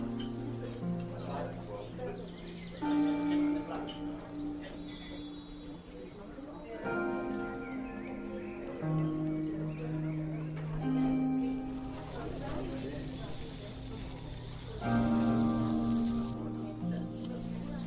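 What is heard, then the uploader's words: Fantasy fairy cafe ambience: soft, steady music of long held tones with a simple melody shifting every few seconds, under a low murmur of voices and a light rain-like patter. Bright sparkling chimes glint around five seconds and again near the end. Fantasy fairy cafe asmr ambience.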